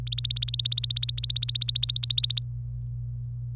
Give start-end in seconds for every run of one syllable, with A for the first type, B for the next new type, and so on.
0.07-2.41 A